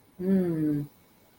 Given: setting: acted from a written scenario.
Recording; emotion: vocal sound without words; desire